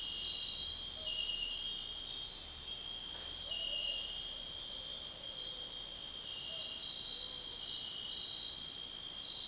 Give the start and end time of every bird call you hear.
0.96s-1.35s: bird call (0.3-0.9 kHz)
3.46s-4.08s: bird call (0.4-0.8 kHz)
6.46s-6.78s: bird call (0.3-0.8 kHz)

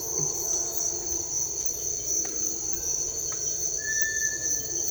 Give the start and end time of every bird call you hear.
3.77s-4.69s: bird call (1.0-2.6 kHz)

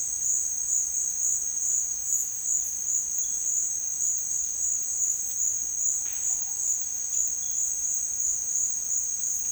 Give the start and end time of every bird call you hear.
6.03s-6.60s: bird call (0.6-3.7 kHz)

